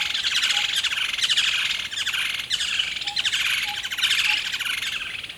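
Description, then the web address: Bird calls, dense and high, a rapid stream of scratchy chirps and twitters with brief pauses, over a constant hiss. A single bird at a river at dawn in rainforest jungle. "river dawn single bird. dschungel regenwald"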